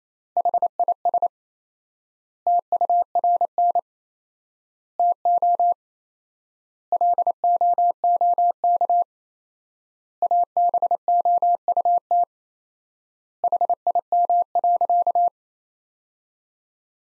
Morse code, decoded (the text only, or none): HIS TURN TO LOOK ABOUT HIM.